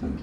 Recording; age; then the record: pig call; growing-finishing pig (85 days or more)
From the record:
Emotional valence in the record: negative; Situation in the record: barren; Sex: male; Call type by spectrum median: low-frequency call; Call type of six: low-frequency stable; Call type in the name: low-frequency stable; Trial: 4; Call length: 0.23 s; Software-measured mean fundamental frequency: 68 Hz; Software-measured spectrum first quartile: 125 Hz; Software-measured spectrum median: 222 Hz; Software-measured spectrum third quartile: 324 Hz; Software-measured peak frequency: 253 Hz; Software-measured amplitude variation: 152 dB a second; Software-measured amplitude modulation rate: 23.7 a second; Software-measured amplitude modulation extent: 6.4 dB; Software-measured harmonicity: 1.2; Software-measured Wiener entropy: -0.29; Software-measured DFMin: 1396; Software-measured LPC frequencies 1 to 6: 269, 2447, 3216, 4352, 6781, 8503 Hz